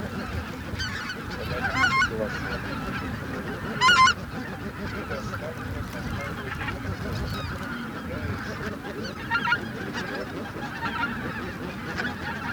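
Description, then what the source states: Greater white-fronted goose: greater white-fronted geese calling as a flock: a constant babble of high, yelping honks, with louder, sharper calls standing out near two, four and nine and a half seconds over low rumbling noise. Flock chatter ('bazaar') of greater white-fronted geese, used as a lure track for an electronic hunting caller.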